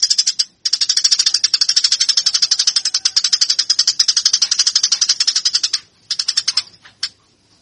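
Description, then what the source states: Eurasian tree sparrow chatter: a long stream of fast, harsh, high chirps, with brief pauses near the start and toward the end. Master recording for fighting (tarung) training; local name burung gereja.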